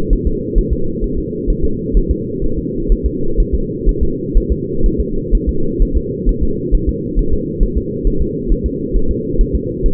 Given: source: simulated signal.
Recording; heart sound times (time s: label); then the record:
fetal heart sounds
0.13 s: S1
0.27 s: S2
0.58 s: S1
0.73 s: S2
1.04 s: S1
1.18 s: S2
1.50 s: S1
1.65 s: S2
1.97 s: S1
2.11 s: S2
2.44 s: S1
2.59 s: S2
2.92 s: S1
3.06 s: S2
3.40 s: S1
3.55 s: S2
3.89 s: S1
4.03 s: S2
4.37 s: S1
4.52 s: S2
4.86 s: S1
5.00 s: S2
5.35 s: S1
5.49 s: S2
5.82 s: S1
5.97 s: S2
6.29 s: S1
6.43 s: S2
6.75 s: S1
6.89 s: S2
7.19 s: S1
7.33 s: S2
7.63 s: S1
7.78 s: S2
8.07 s: S1
8.22 s: S2
8.52 s: S1
8.66 s: S2
8.96 s: S1
9.11 s: S2
9.41 s: S1
9.56 s: S2
9.86 s: S1
From the record:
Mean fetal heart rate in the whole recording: 130 bpm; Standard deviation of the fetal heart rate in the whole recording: 4 bpm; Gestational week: 38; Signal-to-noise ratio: -8.1 dB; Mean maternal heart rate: 72 bpm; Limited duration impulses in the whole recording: absent